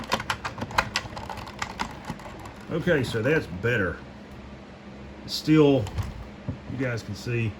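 An action figure is pushed into the molded hard plastic seat of a Jurassic World Dominion Matchbox R/C Jeep Gladiator toy, making several sharp plastic clicks, with the main clicks at 0.3 s and 1.0 s. Someone then talks. The figure sits better but is still not fully seated, because there is not enough leg room.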